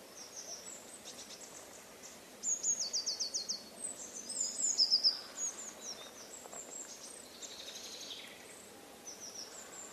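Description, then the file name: Eurasian blue tit calls: a thin, very high, fast trill and scattered high notes, heard over a constant loud hiss. "Cyanistes caeruleus"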